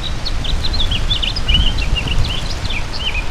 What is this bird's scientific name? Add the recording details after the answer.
Haemorhous mexicanus. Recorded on Long Island, New York, on 31 May 2012. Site BP. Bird A